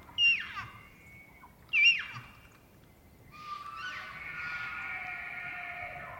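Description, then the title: Elk calling: two sharp, squealing yelps about one and a half seconds apart, followed by a long, sustained, whistled bugle with layered harmonics. Bull elk during the rut, morning of September 18, Colockum Wildlife Area, eastern Cascades, Washington; high plateau with ravines, dry grass, ponderosa pine, spruce and fir; after a night windstorm. "Elk Bull Roars Closer And Far With Challenges, Galloping, And Clashing Antlers"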